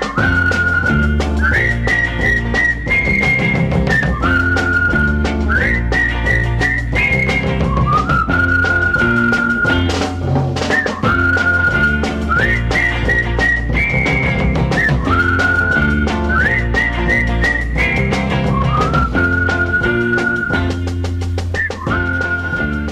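A bright whistled tune repeats a short, bouncy refrain phrase again and again, riding loudly over a full band accompaniment with steady rhythm and no singing.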